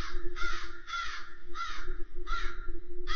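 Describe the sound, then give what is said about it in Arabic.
A crow caws five times in harsh, raspy bursts at a loose, uneven rhythm, loud over a steady low hum and faint background rumble. “غراب كائن قدروا ان الكل يهابه ويحترمه من دافع الخوف، زيه زي البشر كده.”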